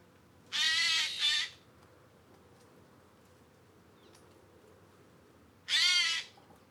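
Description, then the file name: Eurasian jay making a doubled harsh screech, then silence for several seconds before a single loud rasping call. "Garrulus glandarius"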